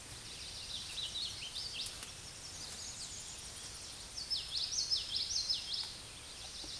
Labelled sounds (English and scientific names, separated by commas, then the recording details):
Common Yellowthroat (Geothlypis trichas) song
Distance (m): 35 m
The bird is about 10 m above the microphone
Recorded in a Pennsylvania forest on 16 May 2024 at 08:35
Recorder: AudioMoth, point MSD-2304
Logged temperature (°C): 16.0 °C
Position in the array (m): 240 m, 177 m